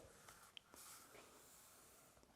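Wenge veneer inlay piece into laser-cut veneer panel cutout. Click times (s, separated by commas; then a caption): 0.6 s. A laser-cut wenge veneer piece is pressed into its matching cutout in a laser-cut veneer panel, fitting like a puzzle piece. Over a soft, breathy rustle, a faint tap at 0.3 s is followed by a sharp, tiny click at 0.6 s and a brief soft scrape just after. The piece almost snaps into place and is seated.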